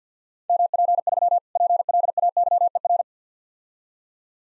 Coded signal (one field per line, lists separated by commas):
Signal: Morse code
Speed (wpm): 50 wpm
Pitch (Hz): 700 Hz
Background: none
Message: MP3 PLAYER